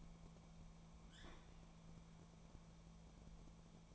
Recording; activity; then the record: daily activity, microphone in the room; open fridge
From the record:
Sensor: 1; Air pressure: 1000.2 hPa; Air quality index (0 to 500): 134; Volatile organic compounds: 2 ppm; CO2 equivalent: 1269 ppm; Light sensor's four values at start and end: 36/92/39/47 and 36/92/39/47